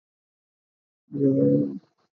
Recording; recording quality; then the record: sustained vowel as in made; poor, much background noise or distortion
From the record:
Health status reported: respiratory illness, not identified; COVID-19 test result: negative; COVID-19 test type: RT-PCR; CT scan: not taken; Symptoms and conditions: cough, fever, muscle pain, another respiratory illness, another condition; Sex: female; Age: 27 years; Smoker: no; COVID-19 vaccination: both doses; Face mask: worn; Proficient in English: yes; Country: India